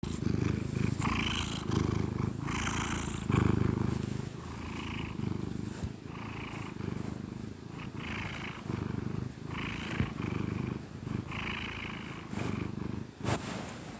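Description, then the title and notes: Domestic cat purring, a low rumbling drone pulsing with each breath, broken by soft higher rustling bursts every second or two. Happy cat purring. "Cat Cafe and Art. Happy cat purrs"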